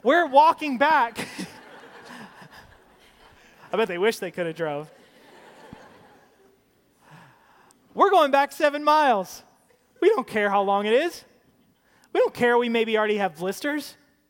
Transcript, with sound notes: “We’re walking back.” I bet they wish they could have drove. (Laughter!) “We’re going back seven miles. We don’t care how long it is. We don’t care that we maybe already have blisters.